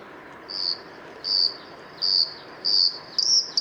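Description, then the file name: Bluethroat giving several drawn-out high notes, ending with quicker ringing notes. Recorded 6 April 2014 at the Isar river mouth near Deggendorf, Germany. "Blaukehlchen 06 04 2014 Isarmuend DEG Michle Pron"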